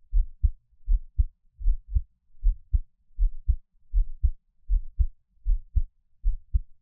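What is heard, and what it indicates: A gentle, calm adult heartbeat heard through a close microphone, with no talking. Normal heart sounds.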